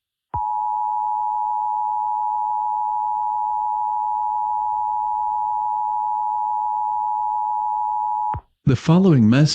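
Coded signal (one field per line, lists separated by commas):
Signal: Emergency Alert System (SAME) tones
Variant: 853 and 960 Hz attention tone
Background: speech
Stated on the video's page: Fictional EAS scenario with valid EAS tones, made with text-to-speech and editing software.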